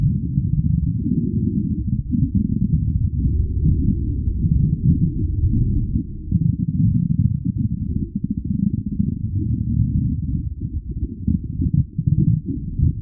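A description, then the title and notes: Underwater bubbling, heard as a dense, muffled churning that stays low and dull with nothing bright above it. The burbling runs continuously with small rapid pulses and faint dips around six and nine seconds. Underwater Bubble Natural Sounds. Gentle, rhythmic bubbles.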